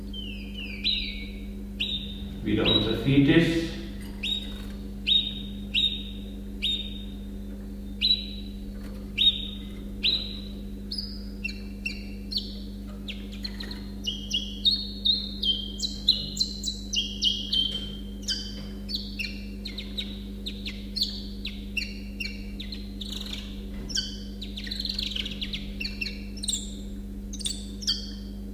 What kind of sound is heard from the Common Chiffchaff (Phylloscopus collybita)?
song